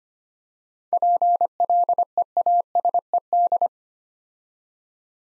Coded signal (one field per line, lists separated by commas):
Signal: Morse code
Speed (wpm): 25 wpm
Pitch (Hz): 700 Hz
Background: none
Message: PLEASED